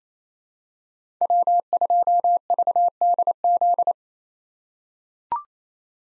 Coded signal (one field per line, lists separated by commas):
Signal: Morse code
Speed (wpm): 29 wpm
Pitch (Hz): 700 Hz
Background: none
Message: W2VDZ